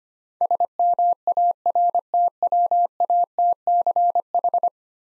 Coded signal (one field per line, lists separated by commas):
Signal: Morse code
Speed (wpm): 25 wpm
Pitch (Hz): 700 Hz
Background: none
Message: SMARTWATCH